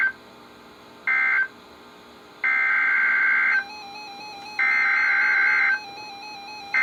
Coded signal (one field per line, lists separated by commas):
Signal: Emergency Alert System (SAME) tones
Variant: header bursts